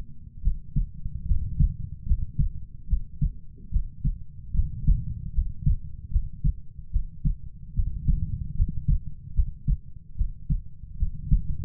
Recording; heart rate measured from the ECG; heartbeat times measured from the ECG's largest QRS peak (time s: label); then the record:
heart sounds by stethoscope; 74 bpm
0.42 s: heartbeat
1.26 s: heartbeat
2.06 s: heartbeat
2.88 s: heartbeat
3.71 s: heartbeat
4.53 s: heartbeat
5.33 s: heartbeat
6.10 s: heartbeat
6.91 s: heartbeat
7.74 s: heartbeat
8.55 s: heartbeat
9.34 s: heartbeat
10.16 s: heartbeat
10.97 s: heartbeat
From the record:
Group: healthy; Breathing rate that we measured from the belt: 18 breaths a minute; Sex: female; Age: 19 years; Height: 163 cm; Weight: 48.9 kg